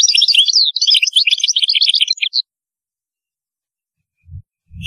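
European goldfinch song: a fast, continuous jingle of high twittering notes for over two seconds, followed by silence and two soft low thuds.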